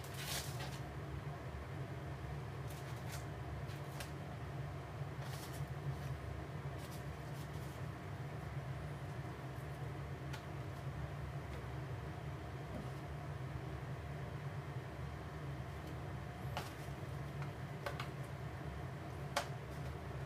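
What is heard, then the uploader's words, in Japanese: Cooking sounds over a steady, low rumbling hum that holds at one level for the whole stretch, like a fan running. Short, sharp clicks and taps cut through every few seconds, clustering near the start and again toward the end. 料理の音。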